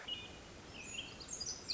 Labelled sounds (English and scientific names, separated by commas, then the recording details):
Pacific Wren (Troglodytes pacificus)
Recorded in Sonoma County, California